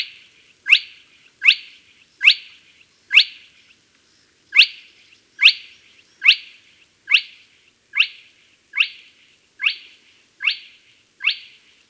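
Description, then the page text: Spotted crake giving a steady series of sharp rising whip notes with brief buzzy tails, about one per second, one short pause early on, otherwise quiet background. "Spotted Crake Call Sound Effect. Quick Sounds"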